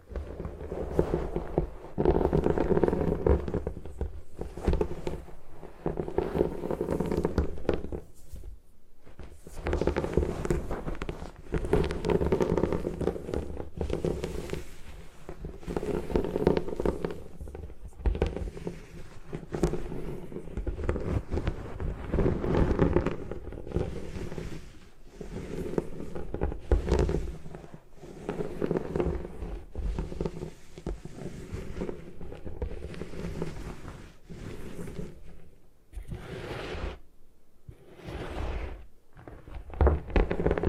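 Gym chalk being crushed and smashed in a rapid, dense series of crunching, thudding impacts that run nearly the whole time. The hits are irregular and bursty, heavy in the low end with crumbly bright edges, broken by a few short pauses near the end.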